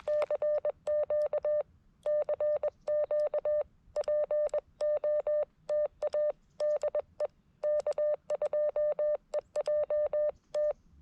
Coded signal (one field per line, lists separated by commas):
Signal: Morse code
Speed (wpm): 21 wpm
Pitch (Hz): 590 Hz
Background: none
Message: CQ CQ POTA DE K2EJT